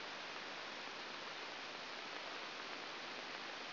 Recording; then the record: brain microelectrode recording played as sound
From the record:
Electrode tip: outside the subthalamic nucleus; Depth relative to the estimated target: -7 mm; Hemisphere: right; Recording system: AlphaMap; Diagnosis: Parkinson's disease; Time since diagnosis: 7 years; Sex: female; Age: 49 years